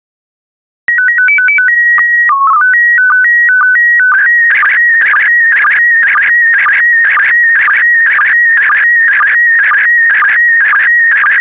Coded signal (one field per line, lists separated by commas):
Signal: SSTV (slow-scan television)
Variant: PD 120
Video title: 92061 Scotland SSTV PD120